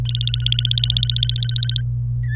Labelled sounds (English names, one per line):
Domestic Canary song